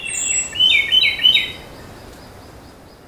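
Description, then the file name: Ryukyu robin song: a rapid run of bright, slurred whistles lasting about a second and a half, opening with a thin high note, then fading to quiet background hiss. Recorded on Nakanoshima, 25 May 2025. "akahige 20250525 nakanoshima sekishinichi"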